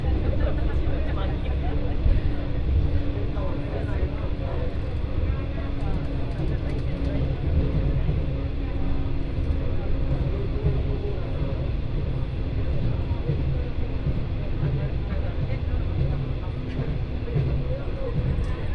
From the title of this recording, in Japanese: 鉄道旅 越美北線 計石→福井